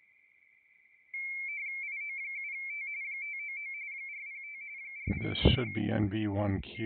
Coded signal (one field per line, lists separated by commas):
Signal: RTTY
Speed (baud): 45.45 baud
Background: speech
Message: IO7T 599 405 405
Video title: CQWW WPX RTTY 20 METER SUNDAY AFTERNOON